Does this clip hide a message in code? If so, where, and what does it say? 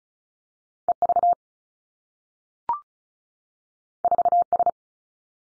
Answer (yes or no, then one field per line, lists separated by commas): yes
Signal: Morse code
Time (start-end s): 0.9-4.7 s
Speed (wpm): 36 wpm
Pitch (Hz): 700 Hz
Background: none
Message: E V 4 S